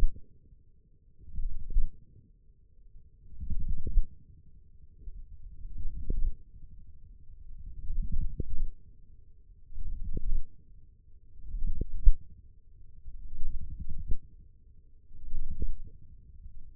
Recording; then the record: forearm muscle sounds (acoustic myography)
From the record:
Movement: radial deviation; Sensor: system 1, eight BSWA MPA416 microphones around the upper forearm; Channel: 8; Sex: male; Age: 20 years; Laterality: left